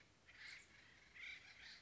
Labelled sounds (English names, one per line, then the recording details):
Acorn Woodpecker
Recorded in Sonoma County, California